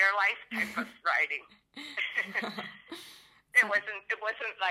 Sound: laughter